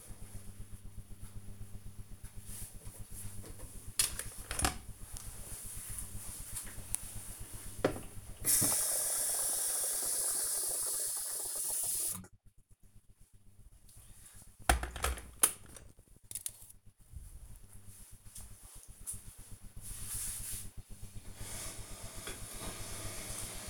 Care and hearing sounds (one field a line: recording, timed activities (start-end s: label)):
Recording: household activities, microphone on the right wrist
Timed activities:
2.37-23.70 s: making tea